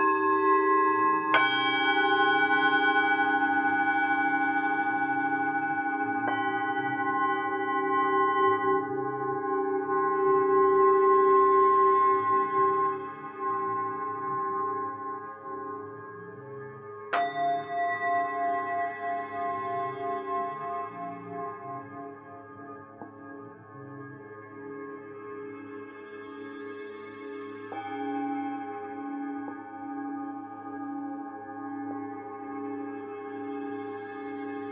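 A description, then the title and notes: Tibetan singing bowls ring in a sound bath, with long sustained tones layered over one another. New strikes come at intervals, around 1, 6, 17 and 28 seconds, each adding a bright shimmer before settling into a slow, wavering hum that gradually fades. Tibetan Sound Bathing.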